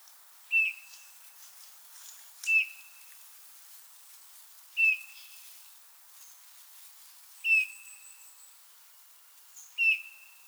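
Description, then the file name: Eurasian bullfinch: five gentle piping whistles at irregular intervals, with faint high thin notes of other birds behind. "Pyrrhula pyrrhula"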